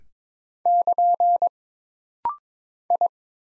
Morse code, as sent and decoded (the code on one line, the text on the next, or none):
-.--. / ..
<KN> I